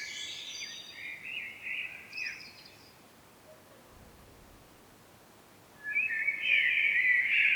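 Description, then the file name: Common blackbird delivering a warbled phrase with high squeaky tail, a long quiet pause, then a loud fluty phrase. "Turdus merula"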